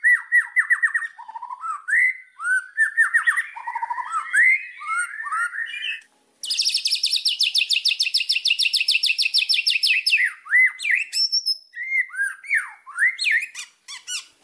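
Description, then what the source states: White-rumped shama song of varied slurred whistles, then a long fast high rattle before more looping whistled phrases. Song used as a lure (pancingan) for other birds, said to provoke an immediate response; described as singing constantly (gacor).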